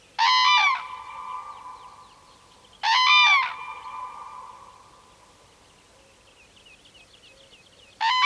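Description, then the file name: Common crane call, three loud bugling trumpet bursts spaced unevenly, with faint higher bird calls between them. "sookurg"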